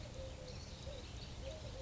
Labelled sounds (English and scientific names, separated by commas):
Eurasian Collared Dove (Streptopelia decaocto)